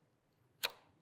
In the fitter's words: There's a click.